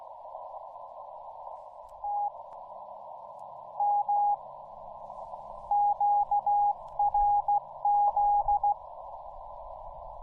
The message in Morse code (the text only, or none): TM QRZ